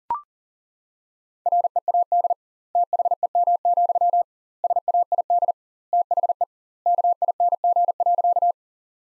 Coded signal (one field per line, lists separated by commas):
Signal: Morse code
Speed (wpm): 40 wpm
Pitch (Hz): 700 Hz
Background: none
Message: READ THEM, SAID THE KING.